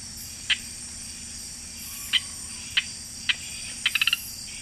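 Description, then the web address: Eleutherodactylus lanthanites frog calling with brief chirps at irregular intervals, ending in a quick run of five notes, with constant high-pitched insect drone behind. Recorded in the Ecuadorian Amazon. "Natures Songs. Frogs of Ecuadorian Amazon Eleutherodactylus lanthanites"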